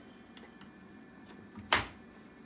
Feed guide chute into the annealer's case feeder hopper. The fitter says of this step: so that just snaps in place there